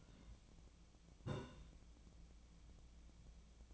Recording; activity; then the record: daily activity, microphone in the room; take from stove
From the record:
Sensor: 1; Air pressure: 1010.0 hPa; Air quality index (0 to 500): 188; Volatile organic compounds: 17 ppm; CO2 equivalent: 2578 ppm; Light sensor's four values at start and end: 37/96/40/49 and 37/95/40/48